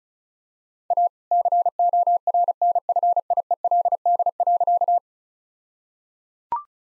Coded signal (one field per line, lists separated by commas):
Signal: Morse code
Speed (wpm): 34 wpm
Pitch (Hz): 700 Hz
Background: none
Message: A CORNFIELD.